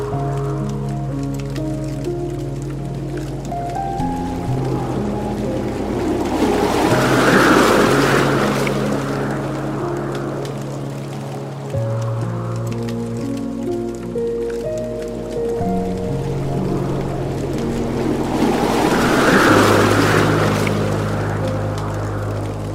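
Rain and wind blend with chime tones that hold and shift between pitches throughout. A steady low rumble runs underneath. The wind and rain swell into louder, hissing surges twice, around 6 to 10 seconds and again near 18 to 22 seconds.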